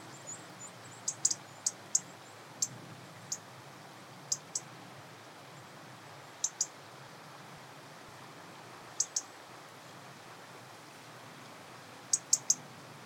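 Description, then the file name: European robin uttering thin, high-pitched ticks in short pairs and trios, spread irregularly through a quiet, hissy background. "Erithacus rubecula"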